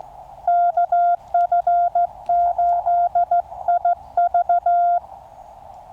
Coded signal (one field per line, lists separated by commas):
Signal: Morse code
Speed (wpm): 15 wpm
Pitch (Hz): 700 Hz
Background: none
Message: KF8IV